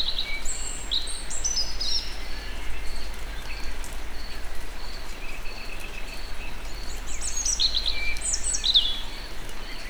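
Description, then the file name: European robin song, several high, thin, trilling and sliding phrases near the start and again near the end, with a rhythmic insect-like pulse and hiss throughout. Recorded in nature. "vorosbegy egerturistahaz"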